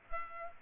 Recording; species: mosquito wingbeat signal from an infrared sensor; Culex pipiens